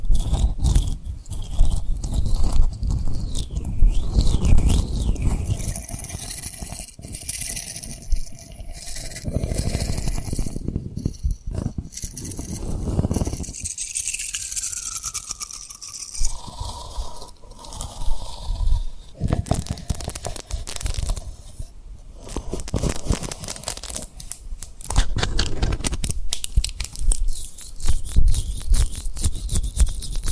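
Tapping and rubbing on a rhinestone surface with mouth sounds, a dense run of crisp scratchy clicks and scrapes that rarely pause. Bright crinkly textures come and go, with a few brief tonal squeaks in the middle and faint softer rustling between bursts.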